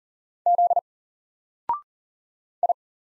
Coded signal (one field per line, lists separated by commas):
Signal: Morse code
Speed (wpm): 40 wpm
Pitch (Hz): 700 Hz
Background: none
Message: Z I